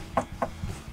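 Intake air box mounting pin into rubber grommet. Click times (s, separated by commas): 0.2 s, 0.4 s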